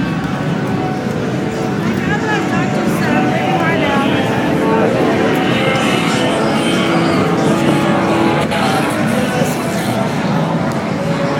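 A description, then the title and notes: A walk along 6th Street during SXSW: a dense, steady crowd murmur of many overlapping voices, with passing traffic and brief bright tones mixed in. A walk #sxsw at 6th street.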